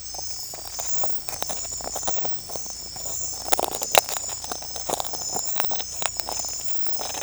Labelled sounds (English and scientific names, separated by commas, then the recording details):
none
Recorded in secondary vegetation near Puerto Asís, Putumayo, Colombia, on 16 December 2024 at 02:00
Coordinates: 0.499, -76.323
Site G010